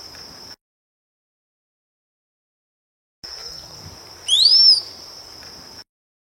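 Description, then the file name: Rose-collared piha uttering one loud arched whistle, rising then dropping, after a silent gap, with a steady high tone around it. "Canto do cricrio de cinta vermelha"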